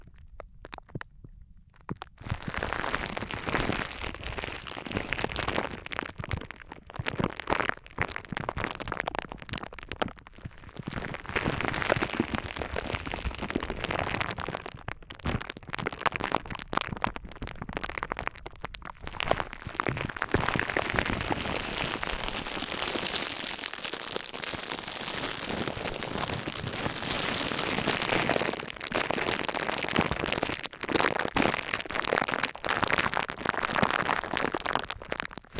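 Materials such as wood, cork, sponge, foam, glass and plastic are handled, giving a dense, rain-like crackling and rustling that begins after about two seconds of near silence. The fizzy, bright texture runs almost continuously, with brief dips near 15, 24 and 30 seconds.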